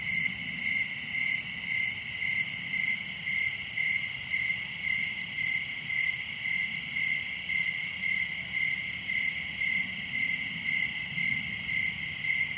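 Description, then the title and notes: Crickets chirping in a dense chorus, a steady high pulsing trill repeating about twice per second, with fainter high layered tones above and a soft low rumble underneath. Crickets recorded at night in summer in a wooded area at Dell Creek State Wildlife Area. "Summer night in Dell Creek state wildlife area. This sound was recorded at night in a wooded area during the summer. Crickets are the main act here. Recorded by Daniel Braun. Part of the Music for Sleep project"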